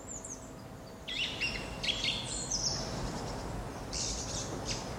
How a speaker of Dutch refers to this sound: U hoort een zanglijster, opgenomen in de vroege ochtend in Heemstede.